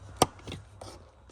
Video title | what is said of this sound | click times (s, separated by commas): Gen 3 Ford Raptor Cabin Air Filter Replacement - Easy DIY | Two clicks, we're in. | 0.2 s, 0.5 s